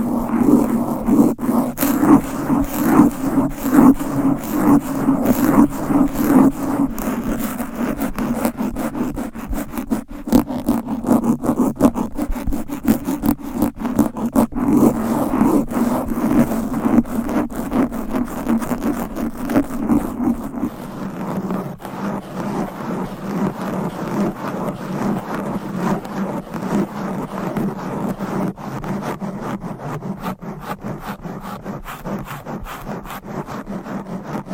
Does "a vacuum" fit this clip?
no